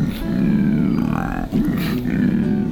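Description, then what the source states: Koala bellowing, a deep, rasping, snoring growl with throbbing low pulses, briefly breaking then resuming with a loud, rough, continuous roar. Male bellowing in eucalypt forest in Australia.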